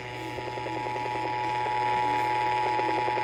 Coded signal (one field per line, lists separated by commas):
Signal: Emergency Alert System (SAME) tones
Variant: 853 and 960 Hz attention tone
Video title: Accidental Tests | EAS #314-316 | 10/21/20